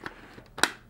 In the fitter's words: in, putting those lugs back in the grooves until they click,